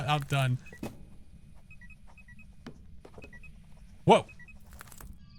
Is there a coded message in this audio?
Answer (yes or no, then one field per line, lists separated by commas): no